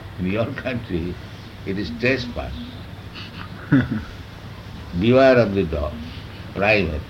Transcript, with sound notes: And your country it is trespass. [laughter] "Beware of the dog!" "Private!"